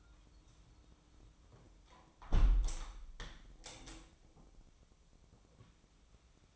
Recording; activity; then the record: daily activity, microphone in the room; close window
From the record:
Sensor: 1